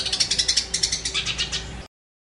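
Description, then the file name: Long-tailed shrike song: a quick run of bright, repeated high notes for about two seconds, then silence. Master song recording used for training songbirds; Indonesian name cendet. "cendet master. omkicau"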